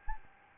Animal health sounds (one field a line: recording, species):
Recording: mosquito wingbeat signal from an infrared sensor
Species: Aedes albopictus